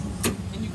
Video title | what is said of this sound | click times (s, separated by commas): First day last semester !! | You gotta hear a click. If you don't hear a click, you're back. You and boo boo. You and boo boo. You see the click? | 0.2 s